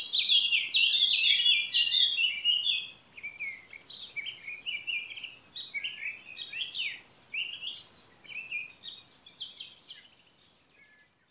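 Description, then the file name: Eurasian blackcap singing: a loud scratchy warble opens, then quieter bursts of mixed notes and short high descending trills follow through the rest, over faint background noise. "Sylvia atricapilla"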